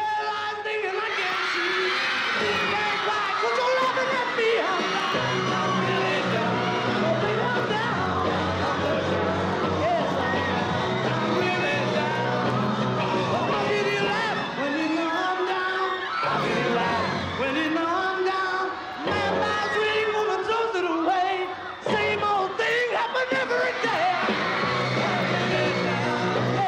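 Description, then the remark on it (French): A dense crowd of fans screams and shrieks continuously at high pitch, loud and sustained, with overlapping yells and whoops swelling and dipping throughout. “Tiens, je suis persuadé que si je prononce quatre prénoms dans le vent, il va y avoir des cris.”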